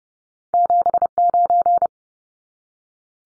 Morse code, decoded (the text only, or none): 79